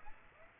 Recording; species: mosquito wingbeat signal from an infrared sensor; Aedes aegypti